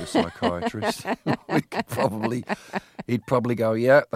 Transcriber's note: soundbite of laughter